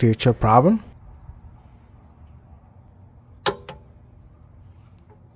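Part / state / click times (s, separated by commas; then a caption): torque wrench tightening oxygen sensor into exhaust manifold / torque reached / 3.5 s. Someone talks, then a torque wrench tightening a new upstream oxygen sensor into the exhaust manifold of a 2003 Mitsubishi Lancer ES clicks sharply at 3.5 s, with a weaker second tick at 3.7 s. The wrench clicks at the 33 plus or minus 3 foot-pound spec, and the sensor is torqued down to avoid a future problem.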